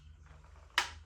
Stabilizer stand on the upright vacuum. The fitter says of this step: you think the stabilizer is locked into place but when you let go it falls over but there's a secondary click